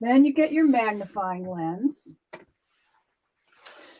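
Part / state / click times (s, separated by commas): magnifying lens onto a sewing machine projector / seated / 2.3 s, 3.7 s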